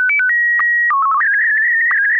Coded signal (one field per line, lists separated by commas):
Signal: SSTV (slow-scan television)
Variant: Wraase SC2-180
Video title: Slow Scan Radio, August 8, 2018, Ep. 3